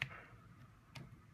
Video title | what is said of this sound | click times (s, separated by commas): TurboDecoder HU92 video manual | when you hear click | 0.0 s